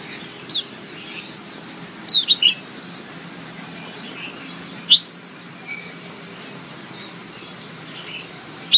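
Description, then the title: White-eye giving thin, high descending chirps at uneven gaps, a quick cluster of notes early on, over soft hiss and occasional clicks. Female white-eye; its chirping is played as therapy to get silent white-eyes to sing. "Suara Kicau Pleci Betina Terapi Pleci Mbisu"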